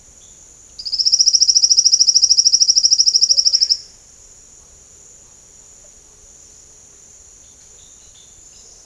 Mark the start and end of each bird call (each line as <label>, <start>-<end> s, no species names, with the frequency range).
bird call (1.9-5.1 kHz), 7.41-8.64 s